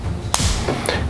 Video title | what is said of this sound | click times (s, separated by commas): Review side by side of TLR-1 and X200a | Goes back together with a click, | 0.3 s